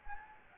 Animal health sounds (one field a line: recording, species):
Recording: mosquito wingbeat signal from an infrared sensor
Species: Anopheles gambiae